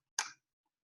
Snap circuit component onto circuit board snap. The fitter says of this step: hear it snap and you clip it on